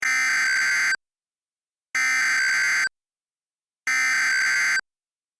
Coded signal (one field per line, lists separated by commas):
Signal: Emergency Alert System (SAME) tones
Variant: header bursts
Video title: EAS Concept: Special Marine Watch